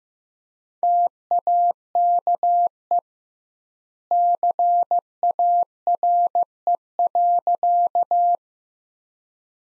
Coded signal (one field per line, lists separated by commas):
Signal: Morse code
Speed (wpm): 15 wpm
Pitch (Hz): 700 Hz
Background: none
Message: TAKE CARE.